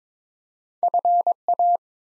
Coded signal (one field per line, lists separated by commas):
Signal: Morse code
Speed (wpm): 22 wpm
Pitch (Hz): 700 Hz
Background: none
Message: FA